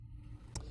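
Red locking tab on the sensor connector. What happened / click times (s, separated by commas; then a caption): The connector locking tab snapped down / 0.6 s. A red plastic locking tab on a sensor connector is pushed down after the connector is seated, during the install of a Delta Force Performance 615178 intake on a 2014–18 GM Silverado/Sierra 1500 or SUV with the 6.2L engine. Over a low background rumble, a single sharp click is heard at 0.6 s as the tab snaps down and locks.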